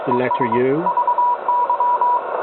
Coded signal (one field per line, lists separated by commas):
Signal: Morse code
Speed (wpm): 23 wpm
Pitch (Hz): 970 Hz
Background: speech, radio noise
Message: ES VY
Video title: Morse Code Decoding